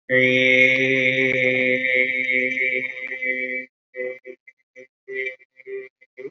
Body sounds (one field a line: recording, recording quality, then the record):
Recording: sustained vowel as in made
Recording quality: excellent, no background noise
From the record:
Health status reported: COVID-19 positive, moderate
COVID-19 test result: positive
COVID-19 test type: RT-PCR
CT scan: not taken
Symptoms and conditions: cough, cold, fever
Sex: male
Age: 70 years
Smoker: no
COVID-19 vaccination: both doses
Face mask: worn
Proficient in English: no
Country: India